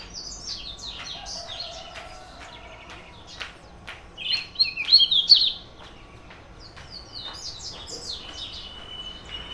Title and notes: Pássaros cantando na casa do vizinho, carro passando. Data: 09/06/2017 Horário: 06:00 Som captado por: Hanna Vasconcelos